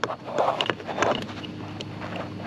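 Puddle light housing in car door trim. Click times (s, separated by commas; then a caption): 0.0 s. An old puddle light housing is pried out of the plastic lower door trim panel of a Tesla Model Y or Model 3 and pops right out, released with a sharp click at 0.0 s. Further short clicks and handling clatter follow over a low background rush while someone talks.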